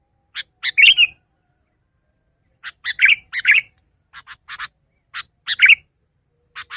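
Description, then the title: Sooty-headed bulbul giving bubbly, slightly buzzy phrases in loose clusters, mixed with short single notes, against a quiet background. "kutilang"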